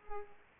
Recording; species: mosquito wingbeat signal from an infrared sensor; Culex pipiens